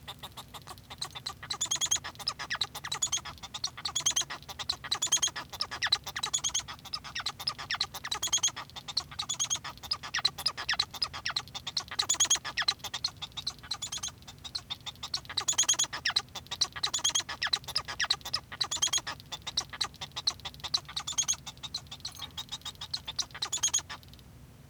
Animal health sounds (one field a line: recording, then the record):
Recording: song of a male Bengalese finch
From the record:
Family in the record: son of father 1